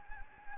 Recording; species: mosquito wingbeat signal from an infrared sensor; Anopheles gambiae